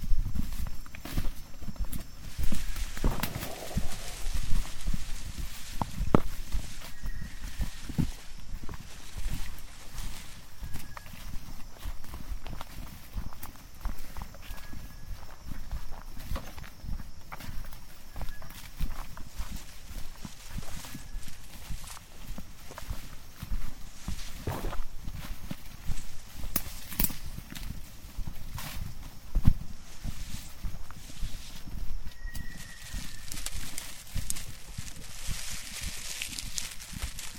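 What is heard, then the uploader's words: Footsteps crunch steadily along a rainforest trail, a dense run of scuffs and thuds with a low rumble underneath. A few short bird chirps sound faintly, and brief brighter rustles of brushed leaves stand out near the start, around twenty-five seconds and at the end. Hike in Tambopata Reserve rainforest, Peru.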